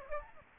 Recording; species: mosquito wingbeat signal from an infrared sensor; Aedes aegypti